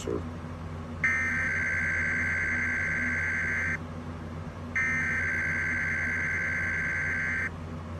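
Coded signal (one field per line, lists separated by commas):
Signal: Emergency Alert System (SAME) tones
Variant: header bursts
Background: speech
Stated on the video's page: Monthly EAS tests recorded off FM radio and TV stations in the San Francisco and Sacramento areas, early morning.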